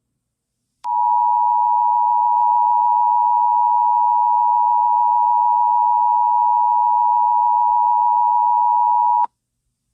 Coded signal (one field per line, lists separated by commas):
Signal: Emergency Alert System (SAME) tones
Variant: 853 and 960 Hz attention tone